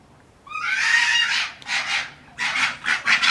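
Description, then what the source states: Red fox making a harsh, rasping drawn-out call, followed by several shorter scratchy bursts in quick succession. Chattering vocalisation.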